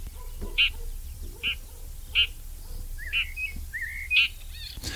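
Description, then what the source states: Red-backed Shrike giving several short alarm notes at a steady pace, with a couple of brief rising chirps near the end. Alarm, contact or worry calls; the species also sings, but not loudly; like a small bird of prey living in bushes.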